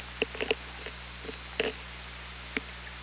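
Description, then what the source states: Orca sounds underwater: several short pulsed bursts, some in quick succession, over a steady low hum and hiss. OrcaLab hydrophone, 24 August 2017, 04:56:53.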